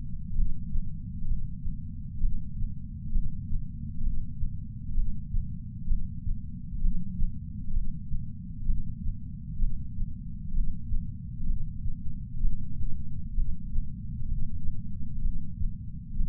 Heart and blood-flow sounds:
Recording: heart sounds by patch sensor on the chest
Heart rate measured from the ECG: 65 bpm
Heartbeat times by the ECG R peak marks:
0.35 s: heartbeat
1.27 s: heartbeat
2.21 s: heartbeat
3.12 s: heartbeat
4.03 s: heartbeat
4.95 s: heartbeat
5.88 s: heartbeat
6.81 s: heartbeat
7.73 s: heartbeat
8.66 s: heartbeat
9.59 s: heartbeat
10.54 s: heartbeat
11.46 s: heartbeat
12.41 s: heartbeat
13.35 s: heartbeat
14.28 s: heartbeat
15.22 s: heartbeat
16.17 s: heartbeat
From the record:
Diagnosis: coronary artery disease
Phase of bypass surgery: preoperative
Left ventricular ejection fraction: 60%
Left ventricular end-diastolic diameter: 47 mm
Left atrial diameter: 35 mm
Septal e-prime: 6.9 cm/s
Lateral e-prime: 9.8 cm/s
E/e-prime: 7.7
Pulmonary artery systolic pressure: 27 mmHg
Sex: male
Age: 63 years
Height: 180 cm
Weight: 65 kg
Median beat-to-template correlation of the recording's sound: 0.86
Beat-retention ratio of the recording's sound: 0.95

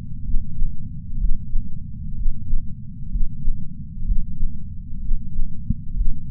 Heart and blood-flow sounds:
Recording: heart sounds by patch sensor on the chest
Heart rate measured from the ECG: 63 bpm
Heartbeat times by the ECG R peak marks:
0.22 s: heartbeat
1.17 s: heartbeat
2.14 s: heartbeat
3.08 s: heartbeat
4.04 s: heartbeat
4.99 s: heartbeat
5.93 s: heartbeat
From the record:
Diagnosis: coronary artery disease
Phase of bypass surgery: preoperative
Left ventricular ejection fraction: 49.5%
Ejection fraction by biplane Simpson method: 47.8%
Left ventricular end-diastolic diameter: 60 mm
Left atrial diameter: 43 mm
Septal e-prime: 5 cm/s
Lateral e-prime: 6.6 cm/s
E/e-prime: 10.3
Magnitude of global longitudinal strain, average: 15.5%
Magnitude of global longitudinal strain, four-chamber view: 15.2%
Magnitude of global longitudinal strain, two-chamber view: 16.5%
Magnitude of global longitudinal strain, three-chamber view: 14.7%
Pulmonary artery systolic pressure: 27 mmHg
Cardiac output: 5.6 L/min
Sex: male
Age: 57 years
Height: 175 cm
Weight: 71 kg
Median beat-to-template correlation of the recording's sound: 0.89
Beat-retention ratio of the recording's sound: 0.99

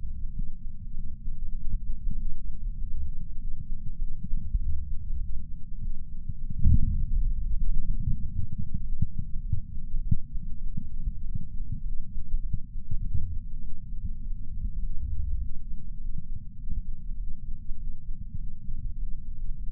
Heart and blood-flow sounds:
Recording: heart sounds by patch sensor on the chest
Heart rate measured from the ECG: 100 bpm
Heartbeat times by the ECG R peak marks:
0.31 s: heartbeat
0.93 s: heartbeat
1.54 s: heartbeat
2.15 s: heartbeat
2.76 s: heartbeat
3.37 s: heartbeat
3.98 s: heartbeat
4.58 s: heartbeat
5.18 s: heartbeat
5.79 s: heartbeat
6.40 s: heartbeat
7.00 s: heartbeat
7.61 s: heartbeat
8.21 s: heartbeat
8.82 s: heartbeat
9.42 s: heartbeat
10.02 s: heartbeat
10.62 s: heartbeat
11.22 s: heartbeat
11.82 s: heartbeat
12.42 s: heartbeat
13.01 s: heartbeat
13.60 s: heartbeat
14.20 s: heartbeat
14.79 s: heartbeat
15.39 s: heartbeat
15.98 s: heartbeat
16.57 s: heartbeat
17.16 s: heartbeat
17.76 s: heartbeat
18.37 s: heartbeat
18.96 s: heartbeat
19.57 s: heartbeat
From the record:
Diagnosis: coronary artery disease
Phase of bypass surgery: preoperative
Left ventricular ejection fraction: 66.8%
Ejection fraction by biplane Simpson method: 67.5%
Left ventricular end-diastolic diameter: 41 mm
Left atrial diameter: 29 mm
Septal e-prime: 9.5 cm/s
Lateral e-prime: 10.6 cm/s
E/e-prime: 8.7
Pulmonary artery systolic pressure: 27 mmHg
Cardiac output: 4.8 L/min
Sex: female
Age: 77 years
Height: 168 cm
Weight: 49 kg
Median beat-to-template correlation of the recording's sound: 0.81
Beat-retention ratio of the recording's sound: 0.99

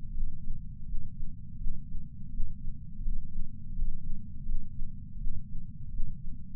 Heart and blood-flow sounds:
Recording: heart sounds by patch sensor on the chest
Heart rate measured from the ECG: 83 bpm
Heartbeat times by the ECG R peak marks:
0.15 s: heartbeat
0.87 s: heartbeat
1.59 s: heartbeat
2.32 s: heartbeat
3.04 s: heartbeat
3.75 s: heartbeat
4.46 s: heartbeat
5.19 s: heartbeat
5.92 s: heartbeat
From the record:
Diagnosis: coronary artery disease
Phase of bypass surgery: preoperative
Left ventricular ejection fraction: 50.8%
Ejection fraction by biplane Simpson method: 50%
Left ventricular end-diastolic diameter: 50 mm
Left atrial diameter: 32 mm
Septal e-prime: 7.2 cm/s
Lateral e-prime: 9.1 cm/s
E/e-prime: 8.5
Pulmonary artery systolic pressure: 23 mmHg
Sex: male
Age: 65 years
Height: 170 cm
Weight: 65 kg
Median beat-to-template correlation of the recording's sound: 0.75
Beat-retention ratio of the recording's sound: 0.96

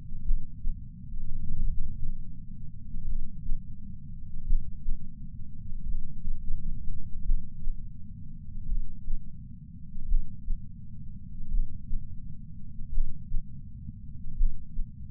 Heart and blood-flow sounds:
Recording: heart sounds by patch sensor on the chest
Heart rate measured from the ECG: 42 bpm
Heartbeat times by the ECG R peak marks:
0.22 s: heartbeat
1.59 s: heartbeat
3.04 s: heartbeat
4.44 s: heartbeat
5.83 s: heartbeat
7.23 s: heartbeat
8.66 s: heartbeat
10.06 s: heartbeat
11.49 s: heartbeat
12.90 s: heartbeat
14.35 s: heartbeat
From the record:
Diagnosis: coronary artery disease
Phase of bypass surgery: preoperative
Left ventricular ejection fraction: 64.4%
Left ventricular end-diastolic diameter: 51 mm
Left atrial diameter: 41 mm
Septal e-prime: 7.3 cm/s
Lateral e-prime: 10.3 cm/s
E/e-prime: 10.1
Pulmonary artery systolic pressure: 25 mmHg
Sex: male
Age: 59 years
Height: 168 cm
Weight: 81 kg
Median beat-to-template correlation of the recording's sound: 0.86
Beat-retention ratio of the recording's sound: 0.96

